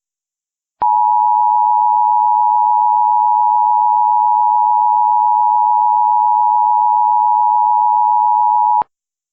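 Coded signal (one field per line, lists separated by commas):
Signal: Emergency Alert System (SAME) tones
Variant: 853 and 960 Hz attention tone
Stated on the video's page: Valid EAS tones in a compilation of Hurricane Dorian alerts.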